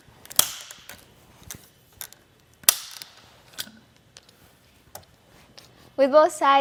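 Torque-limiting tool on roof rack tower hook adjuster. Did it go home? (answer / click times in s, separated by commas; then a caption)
yes / 0.4 s, 2.7 s. A torque-limiting tool set to 3 Nm tightens the tower hooks of an Inno Aero Flush roof rack against the roof of a 2021 Nissan Rogue Sport. Two loud, sharp clicks at 0.4 s and 2.7 s stand out among softer ratcheting ticks, showing the tool has reached its set tension. Someone talks at the end.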